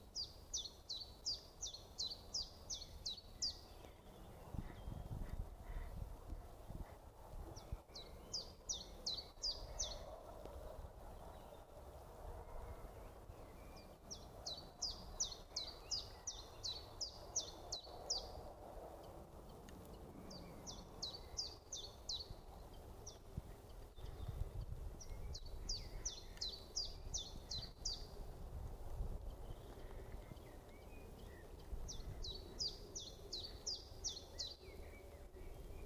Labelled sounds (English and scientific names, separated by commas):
Common Chiffchaff (Phylloscopus collybita) song